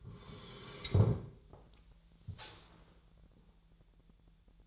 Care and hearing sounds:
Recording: daily activity, microphone in the room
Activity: sit down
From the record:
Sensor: 3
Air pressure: 1001.9 hPa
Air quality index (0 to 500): 249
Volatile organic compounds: 132 ppm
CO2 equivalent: 3938 ppm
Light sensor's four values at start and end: 11/25/11/11 and 9/21/9/9

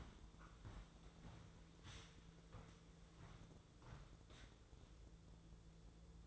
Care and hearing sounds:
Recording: daily activity, microphone in the room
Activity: walk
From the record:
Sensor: 3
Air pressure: 1005.5 hPa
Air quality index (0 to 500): 97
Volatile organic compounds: 3 ppm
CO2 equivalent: 1516 ppm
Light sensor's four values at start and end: 10/23/10/9 and 10/23/10/9

